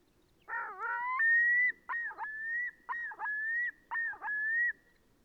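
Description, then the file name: Pacific loon calling: a wavering lower note jumps to a long, steady high tone, with a sobbing break repeated three times between sustained wails, in quiet surroundings. "Pacific Loon - Gavia pacifica"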